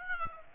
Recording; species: mosquito wingbeat signal from an infrared sensor; Aedes aegypti